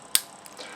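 With the crown screwed down, the hinged metal crown protector on a large Invicta Sea Hunter dive watch is pressed down and snaps shut with a sharp, bright click at 0.2 s (0.15 s). A much fainter tick follows at 0.5 s. The protector latches seated and is not coming loose.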